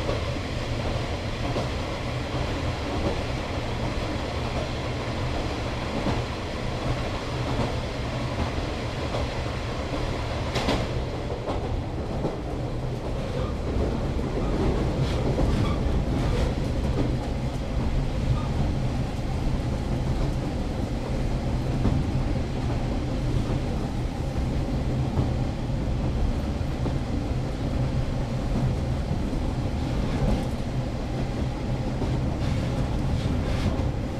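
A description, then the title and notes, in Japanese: A train runs steadily along the line after passing Nishi-Oyama, heading west toward its terminus. A dense, low rumble of wheels and motor holds throughout, with a few brief clanks and rattles near 11 and 31 seconds, growing slightly louder after 15 seconds. 指宿枕崎線 5321D（キハ140-2061）薩摩板敷-枕崎。列車は西大山を過ぎると西へ進路を変え終着駅の枕崎駅を目指して走ります。This is the JR Kyushu Ibusukimakurazaki Line, which runs at the southernmost tip of the JR Line.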